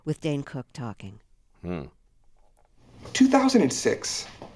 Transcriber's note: soundbite of television program